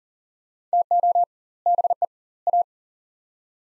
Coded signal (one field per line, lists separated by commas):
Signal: Morse code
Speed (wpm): 40 wpm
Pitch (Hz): 700 Hz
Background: none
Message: TO BE A